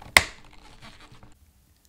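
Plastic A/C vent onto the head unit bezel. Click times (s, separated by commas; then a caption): 0.2 s. A plastic A/C vent laid on top of the silver bezel of a Honda CR-V Android head unit is pushed down until it clicks into place. A single sharp, loud snap sounds at 0.2 s, followed by faint handling noise that dies away to near silence by about 1.3 s. The vent is seated on the bezel.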